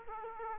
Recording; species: mosquito wingbeat signal from an infrared sensor; Aedes aegypti